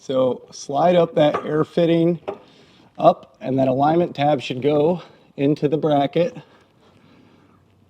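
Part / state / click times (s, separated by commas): air spring alignment tab into upper mounting bracket / not seated / none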